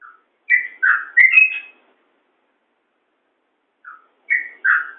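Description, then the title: Yellow-vented bulbul song: two short bursts of bubbly, slurred whistles about three seconds apart, with silence between. "Suara Trucukan"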